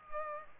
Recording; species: mosquito wingbeat signal from an infrared sensor; Culex pipiens